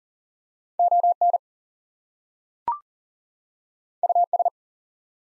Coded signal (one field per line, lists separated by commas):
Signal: Morse code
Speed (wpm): 39 wpm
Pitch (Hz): 700 Hz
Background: none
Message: ON US